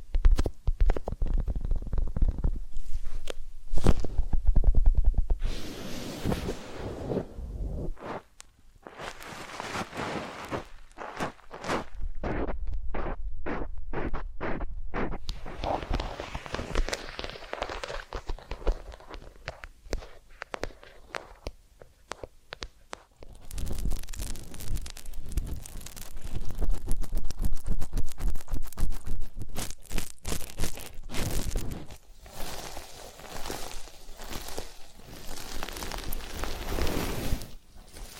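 Massage and ear cleaning sounds: close rubbing, scratching and soft handling noises that shift constantly in texture. Around 10 to 15 seconds a quick run of regular tapping or brushing strokes stands out, and denser, brighter rubbing returns after 23 seconds.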